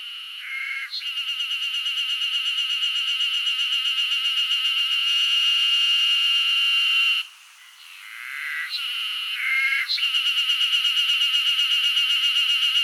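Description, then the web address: Cicada scree: a shrill, continuous buzzing whine with rapid pulses, briefly cutting out near the middle, then swelling back to full strength. Wild cicadas in Hokkaido, giving a scree. "Google Sounds Sound Matters. Cicadas scree in wild hokkaido"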